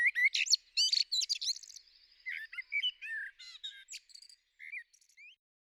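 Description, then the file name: Eurasian blackbird phrase of loud, scratchy high twitters and a thin held whistle, giving way to softer warbles that fade into silence. "Merel"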